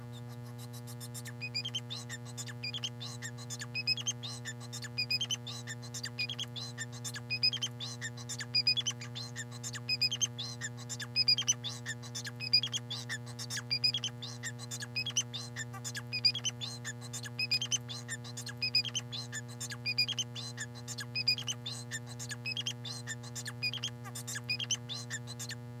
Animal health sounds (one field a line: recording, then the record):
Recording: song of a male Bengalese finch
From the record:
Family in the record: son of father 4